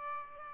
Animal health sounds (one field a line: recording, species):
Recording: mosquito wingbeat signal from an infrared sensor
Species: Aedes albopictus